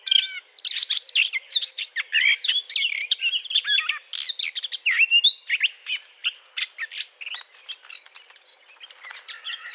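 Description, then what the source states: Eurasian blackcap delivering an unbroken, hurried warble of scratchy twitters and short whistles that gradually softens toward the end. Courtship song.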